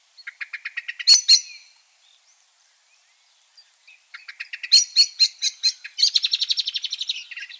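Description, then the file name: Common blackbird calls: a quick burst of rapid, evenly spaced clicking notes ending in a sharp squeak, then after a pause another clicking series running into a longer chattering run. "Turdus merula"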